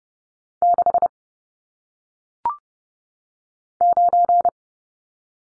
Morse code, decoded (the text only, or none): 6 9